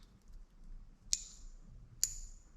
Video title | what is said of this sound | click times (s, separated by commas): Refurbishing and modifying our K20A2 wiring harness | so they lock into place | 1.1 s, 2.0 s